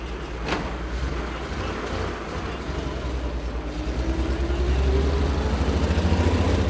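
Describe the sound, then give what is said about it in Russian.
The engine of a truck with a kung box body rumbles low and steady after people board it at a building's entrance, then revs up with a rising whine as it drives away, the sound swelling louder toward the end. “В Кунг тоже садятся люди, автомобиль тоже уезжает.”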